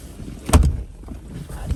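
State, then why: Seated. Someone outside pushes the hard, reinforced rotomolded polyethylene canopy or door down over the driver of the vehicle until its latch clips shut. A sharp latch click lands at 0.5 s, with smaller knocks just before and after. The canopy ends up seated and latched.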